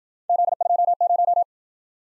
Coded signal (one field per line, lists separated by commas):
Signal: Morse code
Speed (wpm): 51 wpm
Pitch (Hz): 700 Hz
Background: none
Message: Z20